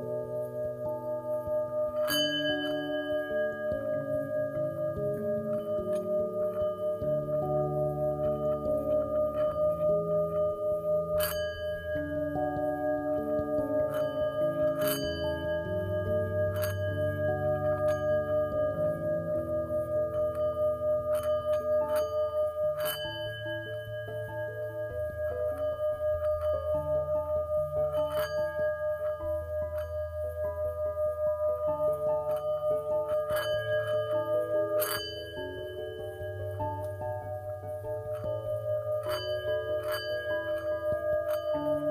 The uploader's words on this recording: Tibetan Singing Bowl Session.